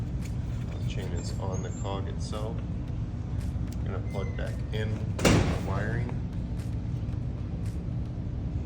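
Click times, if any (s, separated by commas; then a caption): none. Someone talks while using a tool to grab the wiring connector and line it up with the wheel hub of a Top End handcycle, guiding it toward the hub before it is pushed home. The wire is only handled and lined up, and nothing has seated or clicked yet.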